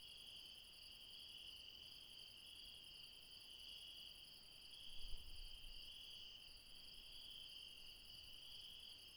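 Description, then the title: Continuous shrill insect chorus in stacked high bands, with a short low thump partway through. Late night in the mountains at Refuge Krevatia, Barbala, Dion, Greece. "Refuge Krevatia, Μπαρμπαλά, Dion 601 00, Greece - Late night mountain insects"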